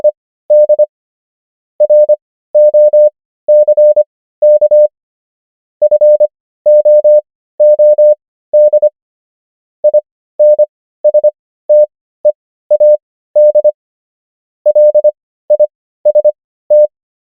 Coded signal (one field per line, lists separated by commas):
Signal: Morse code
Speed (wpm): 25 wpm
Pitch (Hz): 600 Hz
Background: none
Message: ED ROCK FOOD INSTEAD LIST